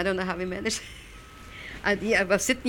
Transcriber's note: she laughs